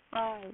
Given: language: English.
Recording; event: throat vibration sensor signal played as sound; speech